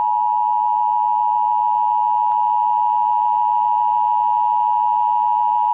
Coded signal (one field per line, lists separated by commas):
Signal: Emergency Alert System (SAME) tones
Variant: 853 and 960 Hz attention tone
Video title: Eas scenario 1￼: Rhode Island problems